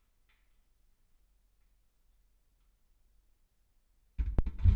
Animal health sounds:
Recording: poultry house recording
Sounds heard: no chicken sound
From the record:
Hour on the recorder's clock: 22

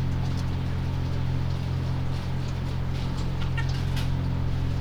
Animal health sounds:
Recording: poultry house recording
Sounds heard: sick chickens (respiratory disease)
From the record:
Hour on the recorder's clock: 2

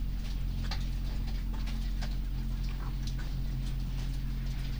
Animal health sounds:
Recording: poultry house recording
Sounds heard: sick chickens (respiratory disease)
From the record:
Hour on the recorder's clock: 0

